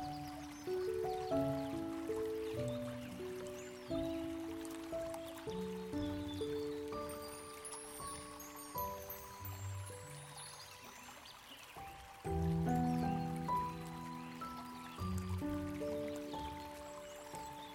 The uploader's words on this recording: Fantasy fairy house ambience. Peaceful lakeside sound w/ soothing music.